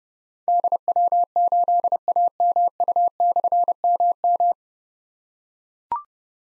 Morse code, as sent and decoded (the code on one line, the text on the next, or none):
-.. .-- ---.. .- -- ..- -..-. -- --
DW8AMU/MM